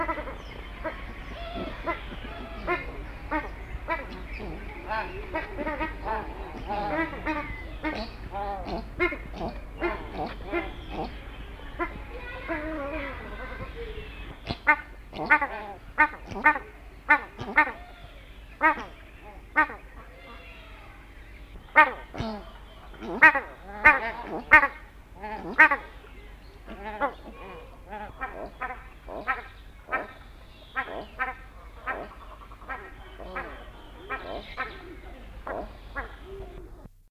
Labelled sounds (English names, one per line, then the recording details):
Australian Shelduck call
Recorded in captivity
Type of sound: call
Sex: pair
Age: adult
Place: Tierpark Ströhen, Niedersachsen, DE
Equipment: Halbspur, 9,5 cm/s
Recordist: Lütgens, Hans
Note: Rufe